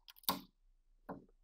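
A cable connector is pushed into the splitter inside the case of a QuadLink 5G antenna, and it clicks solidly into place at 0.3 s, the loudest sound in the clip. Faint ticks come just before the click, and two further short clicks follow at about 1.1 s and 1.5 s.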